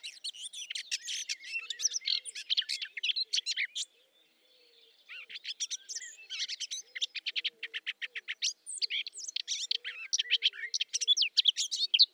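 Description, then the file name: Eurasian blackcap giving a fast, scratchy warble of mixed high notes, pausing briefly around the middle before resuming, with faint soft low hoots underneath. "Sylvia atricapilla"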